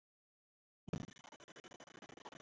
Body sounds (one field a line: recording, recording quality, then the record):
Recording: heavy voluntary cough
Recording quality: poor, much background noise or distortion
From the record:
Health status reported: exposed to COVID-19, no respiratory illness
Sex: male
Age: 31 years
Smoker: no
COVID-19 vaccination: both doses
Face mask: not worn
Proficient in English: yes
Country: India